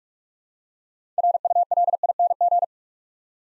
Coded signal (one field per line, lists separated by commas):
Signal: Morse code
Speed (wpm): 46 wpm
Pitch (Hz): 700 Hz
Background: none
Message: RULING